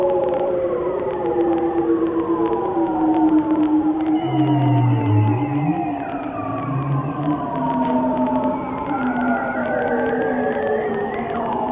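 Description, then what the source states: Bearded seal underwater glissandos, several long downward-sliding whistles overlapping, with low moaning tones beneath. Males; recorded underwater with a special microphone; low-frequency glissandos used to communicate over huge distances.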